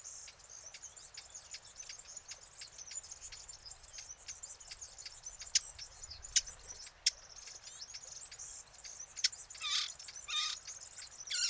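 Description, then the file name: Eurasian blackcap tacking with a rapid series of dry clicks, then a few louder ones, over continuous thin high-pitched chatter and buzzing. "Sylvia atricapilla"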